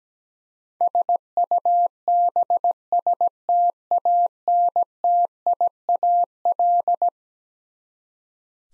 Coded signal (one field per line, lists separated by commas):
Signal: Morse code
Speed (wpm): 17 wpm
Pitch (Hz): 700 Hz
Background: none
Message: SUBSTANTIAL